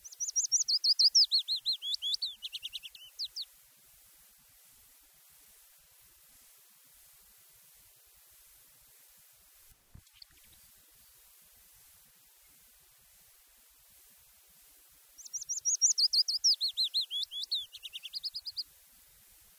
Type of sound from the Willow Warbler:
song